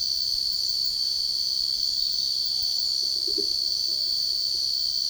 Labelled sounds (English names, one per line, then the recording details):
none
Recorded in secondary vegetation near Puerto Asís, Putumayo, Colombia, on 13 March 2025 at 05:00
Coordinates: 0.488, -76.319
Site G095